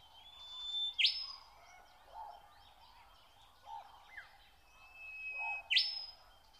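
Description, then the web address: Nightingale song: two loud rising notes several seconds apart, with soft low notes and faint whistles between them. Song recorded in spring. "spiew slowika wiosna"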